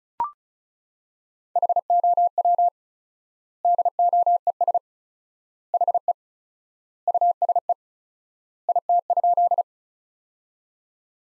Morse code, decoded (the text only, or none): HOW DOES HE USE IT?